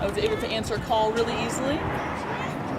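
A phone in its protective case is handled near an armband mount while someone talks over light background noise. Nothing has seated or clicked yet; the clip ends just before the phone snaps into the mount.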